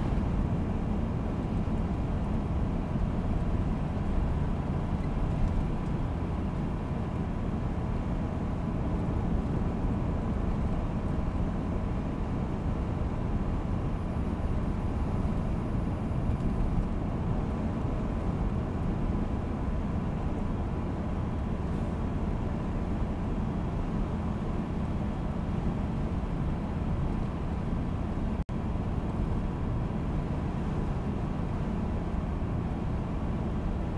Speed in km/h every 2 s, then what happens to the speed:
83, 83, 85, 84, 84, 84, 86, 85, 85, 85, 85, 84, 83, 84, 83, 85, 84.
0-34 steady at about 84.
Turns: none.